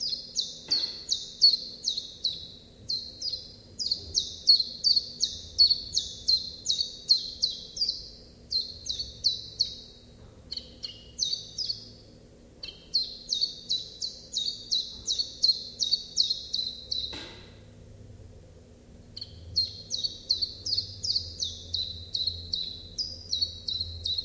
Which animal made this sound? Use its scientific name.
Phylloscopus collybita